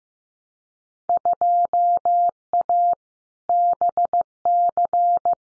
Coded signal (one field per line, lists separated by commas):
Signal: Morse code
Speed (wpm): 16 wpm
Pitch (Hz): 700 Hz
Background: none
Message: 2A BC